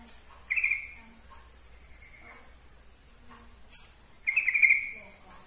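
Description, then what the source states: Yellow-vented bulbul song: a brief fluttering trill, a faint phrase, then a longer rapid trill about four seconds after the first. Trucukan song, for masteran training.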